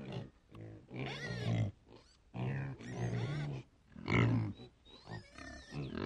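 Pig grunts and squeals: rough, throaty bursts of varying length, coming one after another with brief gaps.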